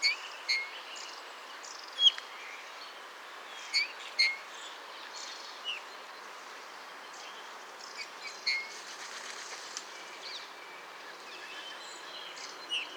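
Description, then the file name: Eurasian bullfinch calls: brief piping whistles repeated irregularly, over a steady background hiss. "Pyrrhula pyrrhula"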